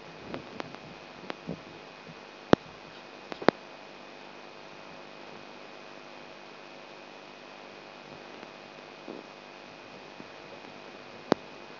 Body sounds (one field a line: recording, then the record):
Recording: brain microelectrode recording played as sound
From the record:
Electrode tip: outside the subthalamic nucleus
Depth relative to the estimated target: 4 mm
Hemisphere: right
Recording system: AlphaMap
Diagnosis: Parkinson's disease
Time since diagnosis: 9 years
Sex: male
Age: 58 years